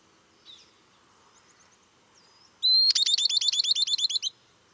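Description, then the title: Southern beardless tyrannulet calling: a high whistled note leads into a rapid run of many clear chips; faint calls precede it. "LuckyPassaro Completos2Sama. Southern Beardless Tyrannulet (Camptostoma obsoletum)"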